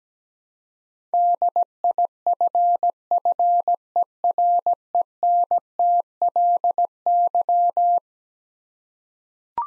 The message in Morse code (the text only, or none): DIFFERENTLY